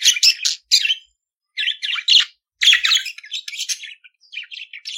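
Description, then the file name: Budgerigar chattering song: dense bursts of buzzy, grating notes and high squeaks running together with only short gaps. "Canto do periquito australiano"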